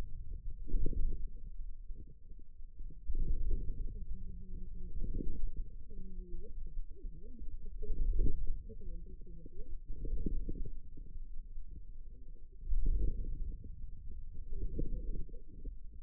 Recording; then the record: forearm muscle sounds (acoustic myography)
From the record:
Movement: inward rotation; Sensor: system 2, bracelet of six BSWA MPA416 microphones around the upper forearm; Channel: 4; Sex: female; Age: 21 years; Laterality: right